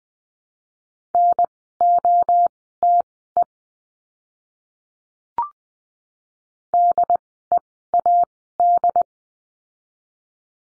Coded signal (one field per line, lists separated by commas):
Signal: Morse code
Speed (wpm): 20 wpm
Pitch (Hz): 700 Hz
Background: none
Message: NOTE DEAD